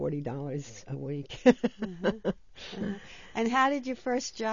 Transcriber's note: laughs